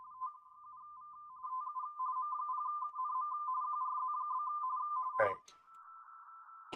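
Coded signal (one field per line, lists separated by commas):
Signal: RTTY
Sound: rapid warbling between two close tones, then crackly bursts and a hum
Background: radio static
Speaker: I've got three call signs here.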